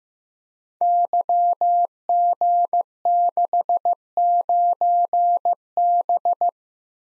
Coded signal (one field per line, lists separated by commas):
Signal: Morse code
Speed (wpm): 15 wpm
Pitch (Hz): 700 Hz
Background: none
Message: YG69B